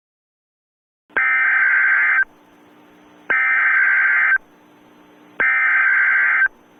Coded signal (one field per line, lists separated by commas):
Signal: Emergency Alert System (SAME) tones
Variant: header bursts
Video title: EAS Scenario #3: Dust Storm From Hell